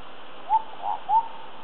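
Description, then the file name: Indian scimitar babbler calling with three soft, hollow, whistled notes at an even mid pitch, spaced about a third of a second apart. "P horsfieldi"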